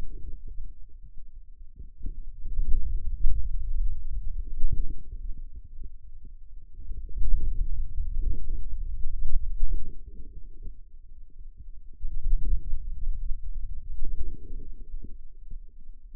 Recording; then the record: forearm muscle sounds (acoustic myography)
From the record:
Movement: hand closing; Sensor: system 2, bracelet of six BSWA MPA416 microphones around the upper forearm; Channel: 5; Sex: male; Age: 22 years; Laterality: right